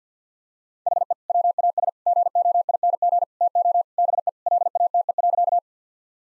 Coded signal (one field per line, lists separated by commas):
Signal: Morse code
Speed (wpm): 50 wpm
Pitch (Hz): 700 Hz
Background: none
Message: HE WAS GOING TO BE LATE.